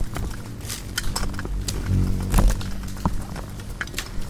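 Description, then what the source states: Swarming insects make clinking ticks on the lamp and a brief cluster of heavier bumps midway, over a steady low hum. Hundreds of bugs frantically congregating at night around the only light source, a porch bulb on a savannah wildlife ranch in South Africa, November 2016; miniature omni, lampshade-mounted and cardioid microphones, Zoom F8 recorder.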